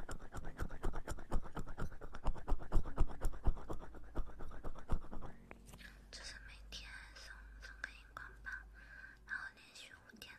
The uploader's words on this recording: TimASMR- Tingly Oil Massage.